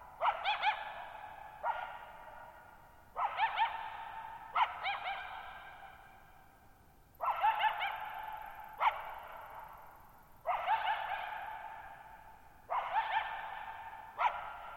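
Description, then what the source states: Coyote yapping in several abrupt bursts, some doubled, each trailing off in a long reverberant echo. Lone coyote at night, July 14, 2019, near Thirtymile Meadows, Okanogan National Forest (Okanogan High Country), Pacific Northwest, 6400 ft; high, mostly dry plateau among tall mountains, shallow bowl-shaped meadow, boggy ground.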